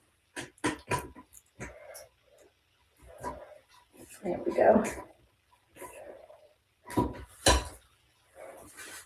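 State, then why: Seated. Someone talks while a plastic soft-close toilet seat and lid assembly is pressed down onto its mounting hinge posts on the toilet bowl, with a few brief knocks early on. At 7.5 s the seat snaps onto the hinge posts with one sharp pop and is seated in place.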